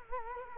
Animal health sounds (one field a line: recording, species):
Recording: mosquito wingbeat signal from an infrared sensor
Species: Culex quinquefasciatus